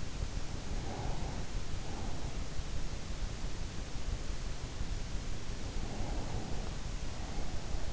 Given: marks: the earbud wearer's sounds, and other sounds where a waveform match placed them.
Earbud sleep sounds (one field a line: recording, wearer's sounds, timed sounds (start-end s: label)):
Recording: sounds in sleep by an in-ear microphone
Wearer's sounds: breath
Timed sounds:
0.56-2.33 s: breath
5.25-7.93 s: breath